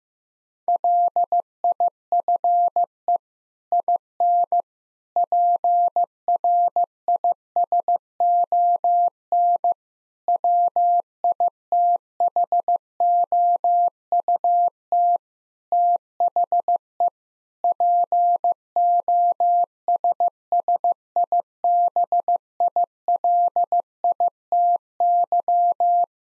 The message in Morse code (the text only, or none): LIFE IN PRISON WITHOUT THE POSSIBILITY